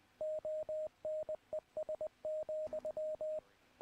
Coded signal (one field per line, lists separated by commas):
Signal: Morse code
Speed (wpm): 19 wpm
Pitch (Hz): 620 Hz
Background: radio noise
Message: ONES,